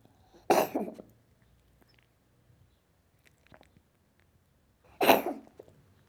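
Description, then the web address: Cat coughing: two harsh, wheezy bursts about four and a half seconds apart, each quickly fading, with faint small clicks in the quiet between them. "BBC Sound Effects Library. Cat Coughing"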